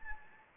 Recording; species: mosquito wingbeat signal from an infrared sensor; Anopheles gambiae